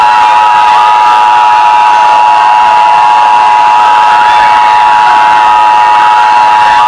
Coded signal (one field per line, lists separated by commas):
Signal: Emergency Alert System (SAME) tones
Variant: 853 and 960 Hz attention tone